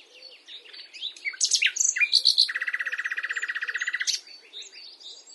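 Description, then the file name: Common nightingale song: scattered chirps, then a loud, rapid, buzzy trill of repeated notes, followed by softer varied notes. "Luscinia megarhynchos"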